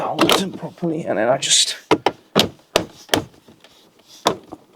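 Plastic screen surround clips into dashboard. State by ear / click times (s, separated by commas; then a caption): seated / 2.1 s, 2.8 s, 3.1 s. On a 2015–2020 Vauxhall Astra K, the infotainment screen and its plastic surround are pushed by hand into the dashboard while someone talks. The retaining clips snap home with sharp clicks at 2.1, 2.8 and 3.1 seconds, and the surround ends up seated all around.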